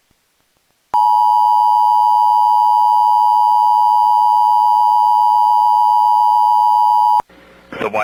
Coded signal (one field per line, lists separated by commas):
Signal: Emergency Alert System (SAME) tones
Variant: 853 and 960 Hz attention tone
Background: speech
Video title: EAS Dangerous AMBER Alert! (Child Found Dead) Texas Statewide Alert NOAA Weather Radio